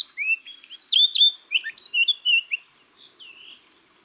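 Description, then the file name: Eurasian blackcap song: a rapid run of varied warbled notes sliding between high pitches, ending in softer, clearer fluting phrases. "Sylvia atricapilla"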